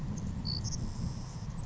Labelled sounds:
Savannah Sparrow (Passerculus sandwichensis)
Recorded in Sonoma County, California

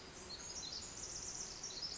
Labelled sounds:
Pacific Wren (Troglodytes pacificus)
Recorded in Sonoma County, California

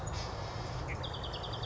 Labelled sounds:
Nuttall's Woodpecker (Dryobates nuttallii)
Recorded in Sonoma County, California

